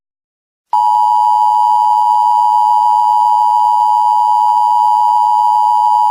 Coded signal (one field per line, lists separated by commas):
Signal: Emergency Alert System (SAME) tones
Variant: 853 and 960 Hz attention tone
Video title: EAS Scenario: Nuclear Trucks